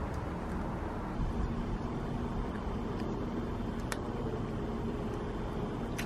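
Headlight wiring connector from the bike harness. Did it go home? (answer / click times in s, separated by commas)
released / 3.9 s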